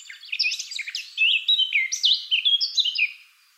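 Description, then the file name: Eurasian blackcap pouring out a brisk, continuous warble of bright slurred whistles and chirps, loud throughout before fading at the close. "Sylvia atricapilla"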